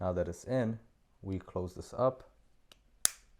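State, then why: Seated. Someone talks, then the plastic side door of the media mod is closed over the camera, a GoPro HERO10 Black Creator Edition, and latches onto the housing. A faint tick comes at 2.7 s, then a sharp, bright snap at 3.1 s as the door seats and is confirmed closed.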